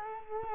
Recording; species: mosquito wingbeat signal from an infrared sensor; Culex quinquefasciatus